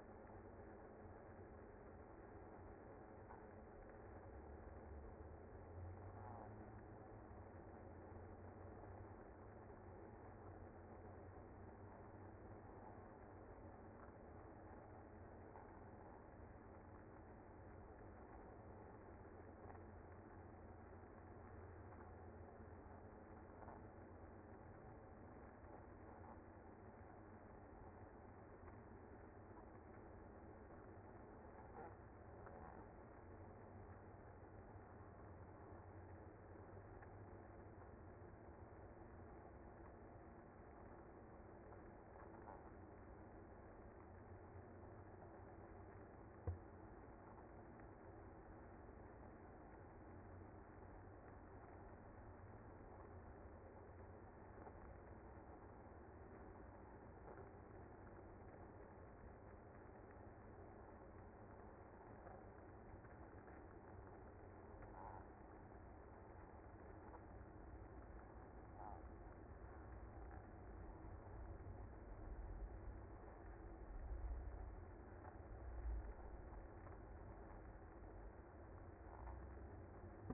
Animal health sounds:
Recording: honeybee colony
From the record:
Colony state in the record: active

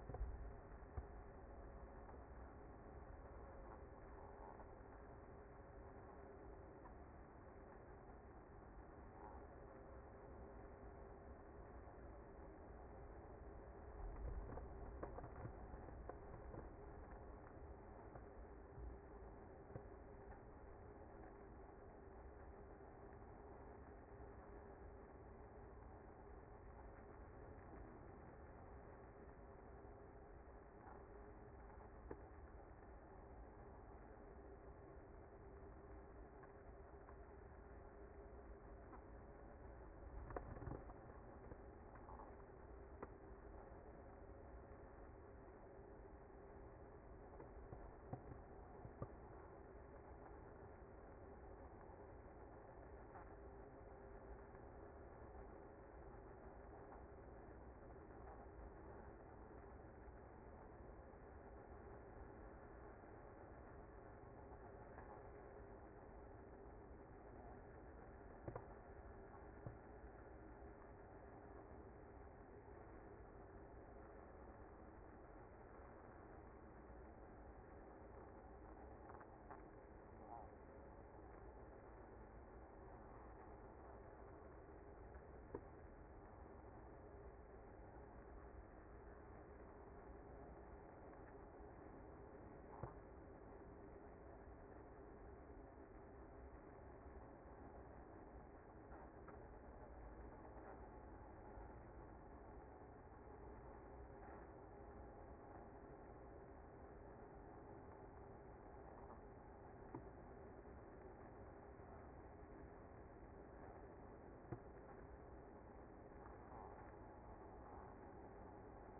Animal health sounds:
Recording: honeybee colony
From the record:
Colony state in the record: active

